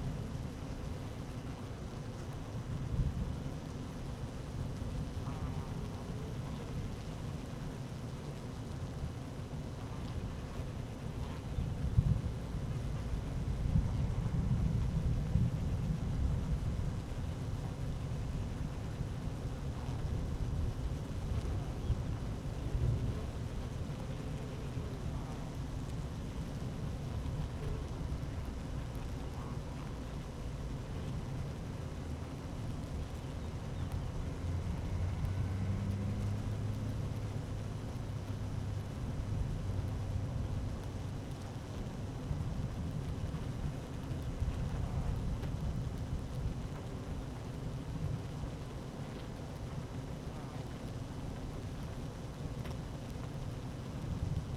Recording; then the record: honeybee colony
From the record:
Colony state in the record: active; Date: 12 June 2018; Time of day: 12:20